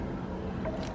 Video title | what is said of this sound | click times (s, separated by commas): Changing oil on 2x 997.1 GT3's | click well didn't click but | none